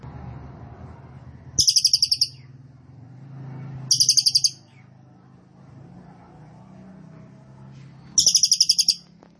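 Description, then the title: Cililin song: three rapid high trills a few seconds apart, over a continuous low rumbling background. Recording made for training caged birds; song style called trorol konslet; bird singing very actively (gacor banget). "Cililin AMPUH"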